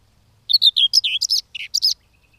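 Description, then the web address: Common whitethroat song: a single hurried, scratchy phrase of many varied chirping notes, some rising and some falling, in a quiet background. "Madardalok Mezei poszáta"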